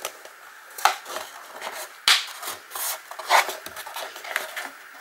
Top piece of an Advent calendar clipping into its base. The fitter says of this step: on est bien le clac montre que ça c'est bien clipser